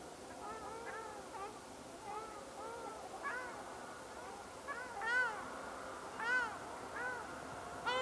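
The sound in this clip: Ruddy shelduck giving nasal, arched honking calls, several birds overlapping, with louder honks near the end; a steady background hiss throughout.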